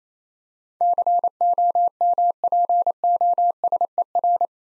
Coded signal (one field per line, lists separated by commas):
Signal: Morse code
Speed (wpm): 27 wpm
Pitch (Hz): 700 Hz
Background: none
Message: COMPOSER